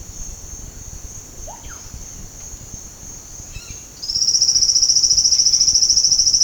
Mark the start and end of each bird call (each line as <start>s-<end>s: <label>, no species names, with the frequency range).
1.43s-1.85s: bird call (0.3-4.1 kHz)
3.45s-6.44s: bird call (1.2-6.5 kHz)